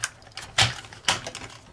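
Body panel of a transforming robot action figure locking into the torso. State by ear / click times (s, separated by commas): seated / 1.1 s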